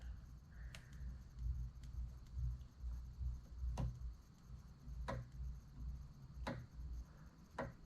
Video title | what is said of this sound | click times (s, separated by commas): Odyssey Leaking AC Service Ports Replace Schrader Valves WITHOUT Losing Freon! | And you can kind of hear it clicking. You can feel it clicking and kind of ratcheting. | 0.8 s, 1.8 s, 3.8 s, 6.5 s, 7.6 s